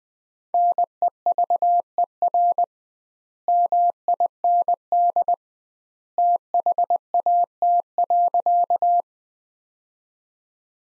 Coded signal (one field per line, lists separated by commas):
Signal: Morse code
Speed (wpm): 20 wpm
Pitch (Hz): 700 Hz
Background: none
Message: NEVER MIND THAT.